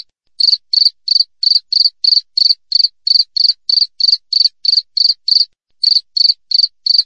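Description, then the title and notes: Cricket chirps begin after a short silence, then run as tight, even high pulses about three per second with one brief gap near the end. Clear wild cricket chirping with closely spaced pauses. "Jangkrik Alam Jernih, Jeda Rapat. suara jangkrik"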